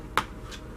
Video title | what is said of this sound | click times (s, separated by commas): How to Solder 6.5 mm & 8 mm Castle Creation Connectors to Battery, ESC & Motor | it it clicked in now it's inside and it's safe and now | 0.2 s